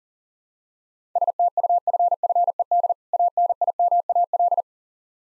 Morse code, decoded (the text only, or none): STUFFED ANIMAL